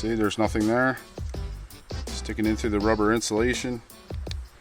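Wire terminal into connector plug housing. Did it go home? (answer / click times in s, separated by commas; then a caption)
yes / 4.3 s. Someone talks while pushing a white wire's terminal through the rubber insulation into its slot in a plastic connector plug on a Ram 2500. The terminal clicks into place at 4.3 s and locks into the connector.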